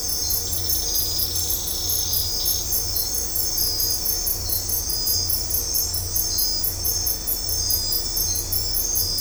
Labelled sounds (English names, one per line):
none